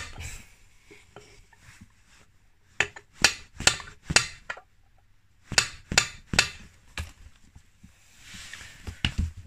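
A second bearing or seal is hammered into the aluminium crankcase of a Honda QR50 motorcycle engine while fitting the crankshaft, with a series of sharp hammer blows ringing out across the clip. Strong strikes land at 3.2, 3.7 and 4.2 seconds, and the hammer note changes as the bearing bottoms out, showing it has seated.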